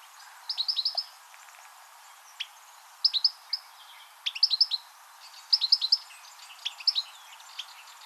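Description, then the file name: European goldfinch calls, bright twittering bursts of three to five quick high liquid notes, delivered in scattered clusters with a few softer chips between them. "Carduelis carduelis"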